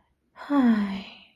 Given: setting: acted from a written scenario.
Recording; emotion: vocal sound without words; contentment